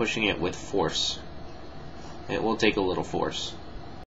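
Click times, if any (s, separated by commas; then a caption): none. A handguard is being pushed back onto the body of a Tokyo Marui FA-MAS F1 airsoft bullpup AEG rifle with force, after the battery has been fitted and the trigger safety flicked to the fire position. Someone talks over a steady low background hum. The handguard has not seated or clicked yet.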